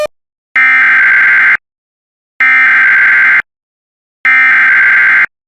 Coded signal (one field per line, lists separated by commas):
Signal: Emergency Alert System (SAME) tones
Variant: header bursts